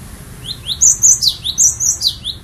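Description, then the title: Bird chirps repeatedly: high, rising slurred notes and sharp sweet chips in quick, uneven bursts over a quiet background. "kikicau"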